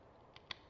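The legs of a plastic transforming action figure are folded up so a small peg on the folded part connects to a groove at the bottom. A faint click comes at 0.4 s, then a louder, sharp snap at 0.5 s, over a quiet background. The peg is confirmed seated and well connected in the groove.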